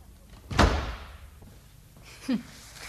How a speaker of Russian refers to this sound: Дверь захлопните покрепче.